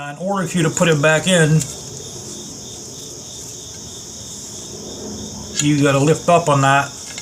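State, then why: Not seated. While refitting a clutch part on a Honda Rebel motorcycle clutch, likely the cable end going into its mount, someone talks as the part is lifted up on. A steady high-pitched cricket-like drone runs underneath, with a quieter stretch between about 1.7 and 5.5 s where no one talks. Nothing has seated or clicked yet.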